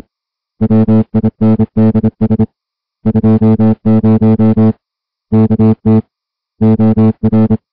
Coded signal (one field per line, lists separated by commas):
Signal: Morse code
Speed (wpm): 26 wpm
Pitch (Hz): 220 Hz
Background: music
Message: WINDS 20 KT OR